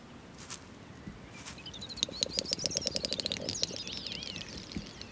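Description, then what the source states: Great snipe display: rapid bubbling clicks racing along with a high, wavering whistle, lasting about two seconds, amid soft rustling and other faint chirps. Rare breeder on wet meadows of the Dviete lowlands, on the river at the Latvia–Lithuania border; call audible from afar.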